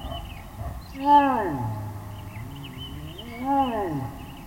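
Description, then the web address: American black bear moaning calls, two drawn-out tonal cries that rise briefly then slide downward, about two and a half seconds apart, the first trailing into a low hum. "Wildlife Sounds. Black Bear"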